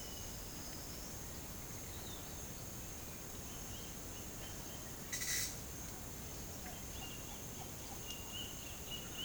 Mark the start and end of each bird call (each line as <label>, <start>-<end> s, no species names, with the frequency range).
bird call (2.6-4.4 kHz), 1.90-2.30 s
bird call (2.0-3.3 kHz), 3.44-4.82 s
bird call (1.4-8.7 kHz), 5.11-5.50 s
bird call (2.1-3.6 kHz), 6.66-9.25 s